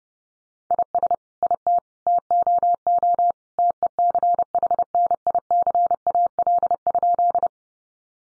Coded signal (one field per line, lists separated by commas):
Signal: Morse code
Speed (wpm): 30 wpm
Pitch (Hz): 700 Hz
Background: none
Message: IS IT TOO TECHNICAL?